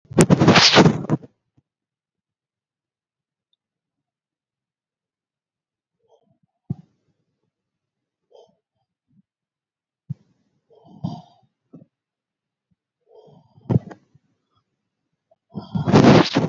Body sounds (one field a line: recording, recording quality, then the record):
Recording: shallow breathing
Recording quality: excellent, no background noise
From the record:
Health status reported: COVID-19 positive, moderate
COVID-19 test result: positive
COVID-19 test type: RT-PCR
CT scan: not taken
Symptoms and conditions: cough, cold, breathing difficulty, fever, fatigue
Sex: female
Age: 57 years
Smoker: no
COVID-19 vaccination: one dose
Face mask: not worn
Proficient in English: yes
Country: India